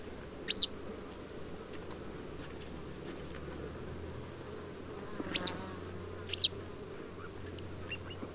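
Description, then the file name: Citrine wagtail calls: three short, sharp, high notes, irregularly spaced, against constant low background noise. Male calling, recorded on 7 April 2011. "cwagt citreola"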